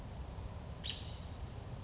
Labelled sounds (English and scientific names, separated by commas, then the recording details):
American Robin (Turdus migratorius)
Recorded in Sonoma County, California